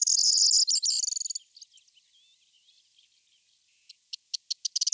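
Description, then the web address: Corn bunting song: a dry, jangling high trill that fades, followed by spaced ticking notes that speed up. "Kornvarling"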